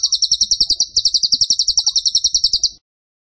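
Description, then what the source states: Bird song as a fast, shrill trill of repeated high notes lasting nearly three seconds, briefly dipping at about one second. Masteran (song-training) recording of a bird described as gacor (singing vigorously) with tembakan (rapid bursts) style.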